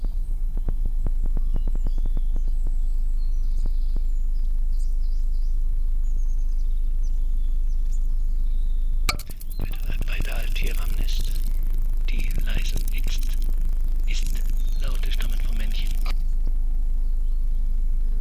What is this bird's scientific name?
Phylloscopus bonelli